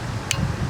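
A click-type torque wrench with a 1/2 to 3/8 adapter is turned slowly on a spark plug in a cylinder head. Against a low rumbling background, a sharp, bright click sounds at 0.3 seconds as the wrench reaches its torque setting, confirming the plug is tightened to spec.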